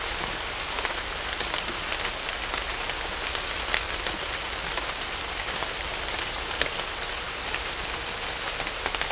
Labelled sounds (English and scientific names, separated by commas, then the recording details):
none
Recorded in dense forest near Puerto Asís, Putumayo, Colombia, on 21 December 2024 at 15:00
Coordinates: 0.500, -76.322
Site G053